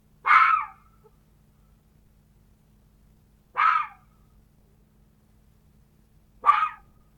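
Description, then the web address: Fox giving three hoarse barks spaced roughly three seconds apart against a quiet background. "glos lisy dla dzieci"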